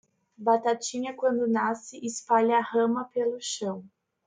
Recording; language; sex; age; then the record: short text; Brazilian Portuguese; female; 20 to 29 years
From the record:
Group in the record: control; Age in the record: 25 years